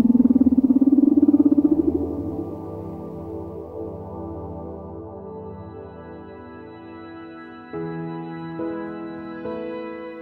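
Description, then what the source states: Baleen whale song: a loud rising moan rich in harmonics for two seconds, then softer sustained tonal notes that shift in abrupt steps. Underwater song; males broadcast the same song repeatedly, a love song advertising a fit male to potential mates.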